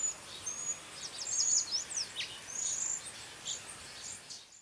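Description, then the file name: Cedar waxwing calls, a few thin high whistles and quick downslurred chirps packed into a short burst. "Cedar Waxwing Bombycilla cedrorum"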